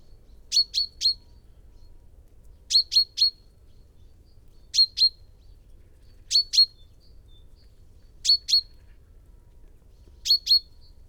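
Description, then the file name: Common chaffinch calling steadily, sharp high notes bunched in twos and threes, each bunch about two seconds after the last. "Fringilla coelebs"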